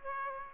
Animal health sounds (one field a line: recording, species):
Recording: mosquito wingbeat signal from an infrared sensor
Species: Aedes aegypti